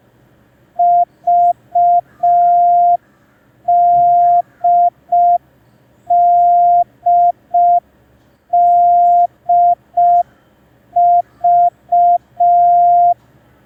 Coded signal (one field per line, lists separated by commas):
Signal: Morse code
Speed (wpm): 5 wpm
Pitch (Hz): 700 Hz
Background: none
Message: VDDDV